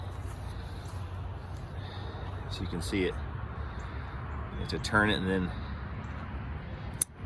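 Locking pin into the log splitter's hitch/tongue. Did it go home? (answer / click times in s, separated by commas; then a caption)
yes / 7.0 s. Someone talks over a low steady outdoor rumble while turning the locking pin that comes with a Wolferidge 17RS log splitter and sliding it up into the splitter's hitch tongue. A sharp metallic hit at 7.0 s marks the pin locking into place so it won't come out.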